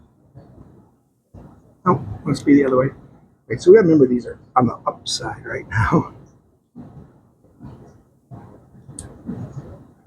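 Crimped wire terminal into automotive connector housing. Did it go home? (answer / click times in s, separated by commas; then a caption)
yes / 9.0 s. A crimped wire terminal is pushed into a plastic automotive multi-pin connector housing after first being tried the wrong way up. Someone talks over faint handling noises, and a short, sharp click at 9.0 s marks the terminal locking into the housing, fully seated.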